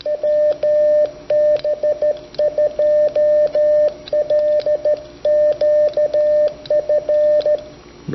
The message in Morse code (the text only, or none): WB2LQF